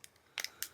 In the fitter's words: There we go. It's clicked in place. Very secure.